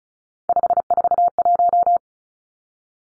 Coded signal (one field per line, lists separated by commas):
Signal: Morse code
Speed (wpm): 34 wpm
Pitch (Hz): 700 Hz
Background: none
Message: 541